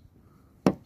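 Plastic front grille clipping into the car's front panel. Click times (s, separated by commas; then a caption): 0.7 s. A new black-painted plastic front grille is pushed onto a car's front panel. After quiet background, it snaps into place with one loud, sharp click at 0.7 s. The grille seats, held only by clips.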